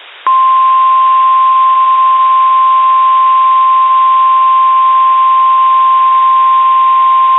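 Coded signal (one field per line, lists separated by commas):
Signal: Emergency Alert System (SAME) tones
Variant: 1050 Hz attention tone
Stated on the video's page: Real severe weather alerts received via SDR off a 500 W weather transmitter on West Peak, Meriden, Connecticut, 35.4 miles away.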